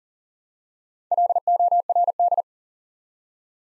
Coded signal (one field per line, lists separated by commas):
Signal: Morse code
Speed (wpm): 38 wpm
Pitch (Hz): 700 Hz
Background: none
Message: LORD